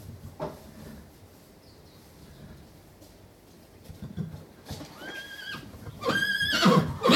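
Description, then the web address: Horse whinnies: shrill, harmonic calls, first softly midway, then loudly near the end, after a quiet stretch of low rustling and thumping movement. Horses in stables calling to one another and moving around, whickering in earnest, frantic calling. "BBC Horses Stables"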